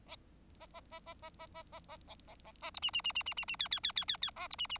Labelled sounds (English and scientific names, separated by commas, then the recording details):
Bengalese Finch (Lonchura striata domestica) song
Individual Bird4